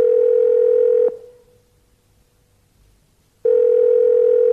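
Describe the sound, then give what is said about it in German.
A telephone ringback tone while calling a mobile phone: a steady, mid-pitched electronic hum sounds for about a second, falls silent for over two seconds, then returns at the same loud, even level, with no voices. “Freizeichen.”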